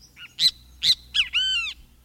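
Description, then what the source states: Great Kiskadee calling: a few short, sharp notes followed by a longer, strongly harmonic note, with a quiet background. Call announces its name; lives along wooded edges near water from South Texas to Argentina.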